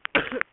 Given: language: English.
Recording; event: throat vibration sensor signal played as sound; cough